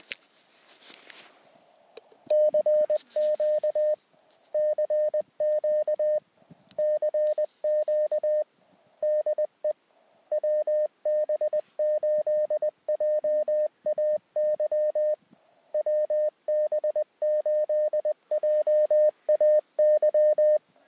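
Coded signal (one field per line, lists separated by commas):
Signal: Morse code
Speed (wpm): 20 wpm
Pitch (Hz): 610 Hz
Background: none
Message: CQ CQ CQ DE WB8JAY WB8JAY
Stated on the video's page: Portable QRP station with a wire antenna tossed into a tree at a lake park dog park.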